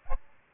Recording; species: mosquito wingbeat signal from an infrared sensor; Aedes albopictus